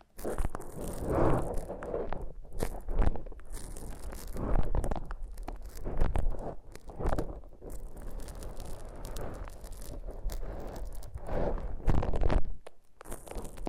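Foam being massaged: soft squishing and rubbing strokes that swell and fade every second or two, with sharper crunchy squeaks mixed in. The sound stays busy and uneven throughout, with louder bursts near the start, around six to seven seconds and near twelve seconds.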